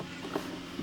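On a 2021 Honda Ridgeline, the sides of the glove compartment are squeezed to refit it past its stops after changing the cabin air filter. A single short click is heard at 0.4 s as the glove compartment stop catches into the dashboard opening, and the glove compartment is seated.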